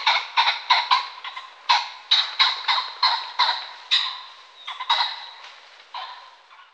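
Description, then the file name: Pheasant cackling: a rapid series of harsh, rasping bursts that slowly fade toward the end. "Faisan"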